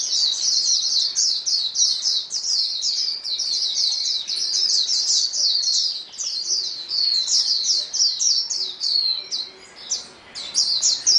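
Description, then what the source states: White-eye chorus of rapid, high chirps and trills, several birds overlapping almost nonstop. Chorus of many birds singing together, described as a choir.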